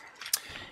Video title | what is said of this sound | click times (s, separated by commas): Spyder MR5 Overview | once you get it lined up nice you push it and tell you hear a click and we actually snap that into place | 0.3 s